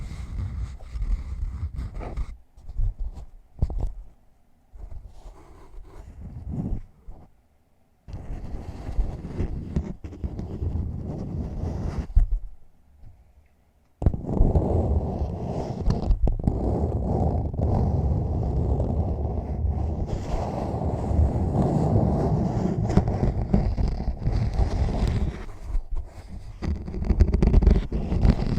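Scratching and rubbing right on a microphone, full of low rumble with a gritty hiss above. The first few seconds come in short bursts with silent gaps, then after a brief pause near fourteen seconds it turns into a steady, dense scraping that runs to the end.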